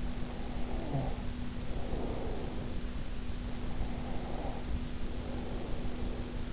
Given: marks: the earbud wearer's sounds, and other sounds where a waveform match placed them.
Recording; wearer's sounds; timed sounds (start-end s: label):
sounds in sleep by an in-ear microphone; snoring breath, breath
0.00-2.94 s: snoring breath
3.34-6.48 s: breath